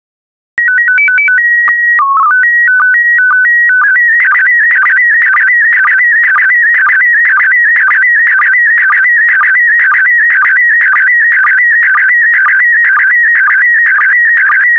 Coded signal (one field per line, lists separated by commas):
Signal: SSTV (slow-scan television)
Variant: PD 120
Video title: 164091 Ocean Life SSTV PD120